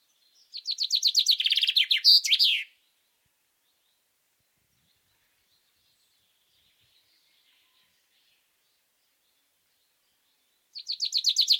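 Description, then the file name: Common chaffinch song: one rapid, descending trill of repeated notes ending in a sharp flourish, then a long silence before the next phrase begins at the very end. "Fringilla coelebs"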